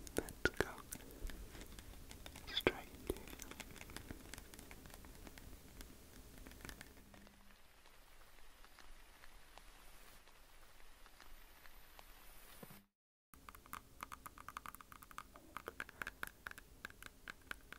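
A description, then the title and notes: Rapid, dense teeth tapping clicks, thinning to a quieter, softer stretch mid-clip, a brief silence near thirteen seconds, then sharper taps resume. Teeth Tapping FAST & SLOW.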